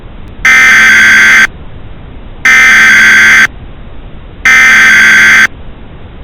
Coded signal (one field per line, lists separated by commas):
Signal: Emergency Alert System (SAME) tones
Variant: header bursts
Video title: EAS Scenario - The Big One